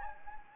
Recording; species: mosquito wingbeat signal from an infrared sensor; Anopheles gambiae